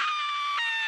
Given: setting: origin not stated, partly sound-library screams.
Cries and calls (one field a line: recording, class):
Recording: one-second piece from a danger detection set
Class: woman in danger